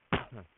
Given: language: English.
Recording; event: throat vibration sensor signal played as sound; cough